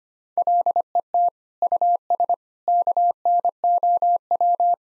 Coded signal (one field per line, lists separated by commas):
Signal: Morse code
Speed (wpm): 25 wpm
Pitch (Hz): 700 Hz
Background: none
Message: LET US KNOW